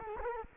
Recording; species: mosquito wingbeat signal from an infrared sensor; Culex quinquefasciatus